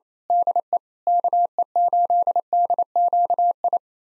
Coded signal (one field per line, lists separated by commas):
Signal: Morse code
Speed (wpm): 27 wpm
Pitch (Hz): 700 Hz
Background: none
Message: DE KE8DQI